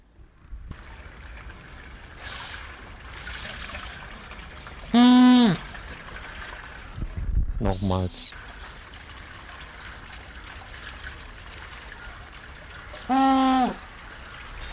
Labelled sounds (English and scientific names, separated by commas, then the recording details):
Humboldt Penguin (Spheniscus humboldti) call
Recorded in captivity
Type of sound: call
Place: Zoo Berlin, Berlin, DE
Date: 1996-02-24 14:30
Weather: heiter, -6°C
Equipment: Sony WM-D6C, Sennheiser ME 80, Kopie Uher 4000 Report Monitor
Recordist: Tembrock, Günter
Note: Einzelnes Tier im Wasser schwimmend (vgl. Dresden), Entfernung ca. 5 m